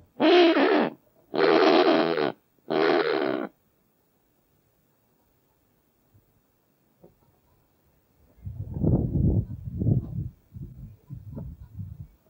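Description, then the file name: Kakapo giving three loud harsh squawks in quick succession. After a silence, a run of deep rumbling grunts follows. "Kākāpō"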